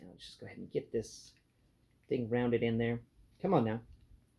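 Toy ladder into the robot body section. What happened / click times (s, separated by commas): The plastic part is being worked toward its mount but has not clicked home yet / none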